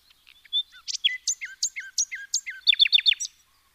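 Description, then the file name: Common nightingale song phrase of varied whistled notes dropping in pitch, building into a rapid, loud volley of repeated chips. "Luscinia megarhynchos"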